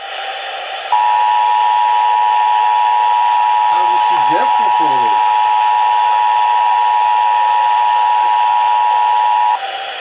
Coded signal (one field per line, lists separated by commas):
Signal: Emergency Alert System (SAME) tones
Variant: 853 and 960 Hz attention tone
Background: speech